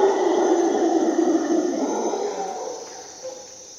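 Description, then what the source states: Howler monkey roar, a sustained rough growl that gradually fades away, with a constant high insect hum behind it. Recorded at dawn in the jungle of Costa Rica during an expedition.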